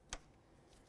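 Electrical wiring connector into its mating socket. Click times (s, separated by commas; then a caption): 0.1 s. A plastic electrical wiring connector on a 2004-2006 Scion xB is slid into its mating socket during a front strut and spring assembly replacement. One sharp, short click sounds at 0.1 s, followed by quiet background. The connector is seated and secure.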